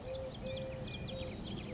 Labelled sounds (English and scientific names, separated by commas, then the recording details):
Eurasian Collared Dove (Streptopelia decaocto)
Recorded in Sonoma County, California